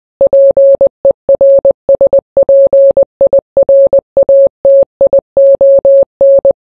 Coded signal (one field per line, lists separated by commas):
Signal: Morse code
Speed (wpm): 20 wpm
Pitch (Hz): 550 Hz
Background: none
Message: PERSPIRATION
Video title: the ting goes SKRAA but it's in Morse Code